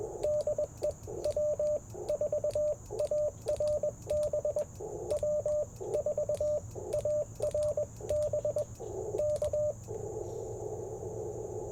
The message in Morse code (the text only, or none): DE W4ARB W4ARB K